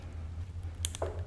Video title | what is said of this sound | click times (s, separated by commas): FE 501s Baja Build: Part 15 - Taco Moto Tidy Tail Install (Front) | I just heard a click that clicked into place you can see here it's in place now so | 0.8 s